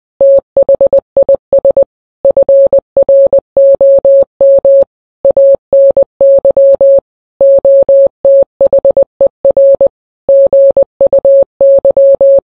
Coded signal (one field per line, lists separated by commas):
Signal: Morse code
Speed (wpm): 20 wpm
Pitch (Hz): 550 Hz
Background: none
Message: THIS FROM ANY OTHER GUY